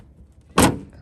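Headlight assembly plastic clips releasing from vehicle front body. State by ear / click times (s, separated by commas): released / 0.6 s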